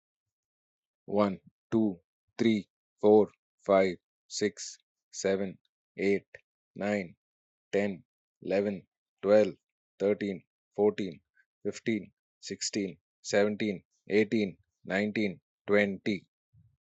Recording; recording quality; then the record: counting at a normal pace; excellent, no background noise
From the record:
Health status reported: healthy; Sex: male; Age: 43 years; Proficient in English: yes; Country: India